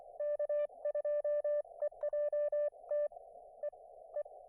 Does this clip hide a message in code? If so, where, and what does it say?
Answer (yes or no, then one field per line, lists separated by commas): yes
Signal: Morse code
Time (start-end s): 0.2-4.2 s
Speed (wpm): 22 wpm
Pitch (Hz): 590 Hz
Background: none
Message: K2EJT E E